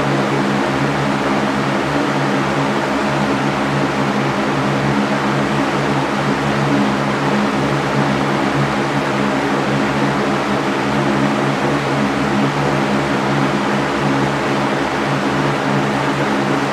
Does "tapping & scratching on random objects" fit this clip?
no